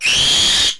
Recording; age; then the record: pig call; piglet (1 to 25 days)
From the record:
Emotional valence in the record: negative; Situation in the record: restrain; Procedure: sham castration, cut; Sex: male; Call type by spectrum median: high-frequency call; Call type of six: high-frequency modulated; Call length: 0.80 s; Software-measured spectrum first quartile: 3058 Hz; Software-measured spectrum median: 3833 Hz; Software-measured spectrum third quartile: 6036 Hz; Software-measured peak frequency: 3313 Hz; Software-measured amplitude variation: 74 dB a second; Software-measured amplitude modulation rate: 28.3 a second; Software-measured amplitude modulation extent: 2.6 dB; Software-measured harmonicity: 3.0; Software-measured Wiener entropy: -1.81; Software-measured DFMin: 1017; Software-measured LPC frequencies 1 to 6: 794, 1821, 2692, 3249, 4607, 5584 Hz